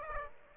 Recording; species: mosquito wingbeat signal from an infrared sensor; Aedes aegypti